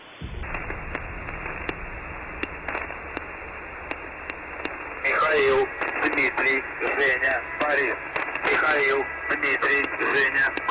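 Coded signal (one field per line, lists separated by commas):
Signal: numbers station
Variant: UVB-76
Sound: crackling shortwave static, then a male voice reading words through noisy radio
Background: radio static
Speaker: Harva kostuvad sagedusel tundmatud venekeelsed nimed ja numbrid, millest tulenevad koodid.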